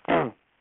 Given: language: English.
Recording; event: throat vibration sensor signal played as sound; throat clearing